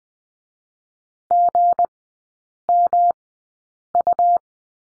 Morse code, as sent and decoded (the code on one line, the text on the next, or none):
--. -- ..-
GMU